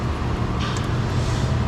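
A plastic fuel injector part is slid into the central injection module assembly of a 4.3L engine with a leaking injection module. A steady low rumble and broadband hiss continue throughout, with no distinct transients. The part has not seated or clicked yet.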